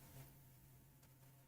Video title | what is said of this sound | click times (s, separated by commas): Building a LEGO x Yugioh Dark Magician! | Nope, no click that time. All right. | none